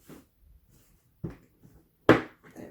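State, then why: Seated. A plastic door trim piece held by a single clip is pressed in from the back with two hands into a Honda FR-V door panel during an upholstery repair. Faint handling noises and a softer knock at 1.3 seconds lead to a sharp, loud click at 2.1 seconds as the clip seats in place.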